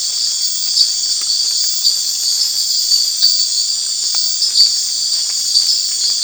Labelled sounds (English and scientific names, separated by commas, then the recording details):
none
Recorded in dense forest near Puerto Asís, Putumayo, Colombia, on 19 March 2025 at 22:00
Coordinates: 0.484, -76.317
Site G064